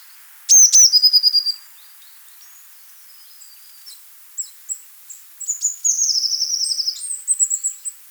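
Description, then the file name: Eurasian blue tit singing: a loud run of sharp descending notes, then scattered thin high notes leading into a fast, buzzy, high-pitched trill. "blaumeise"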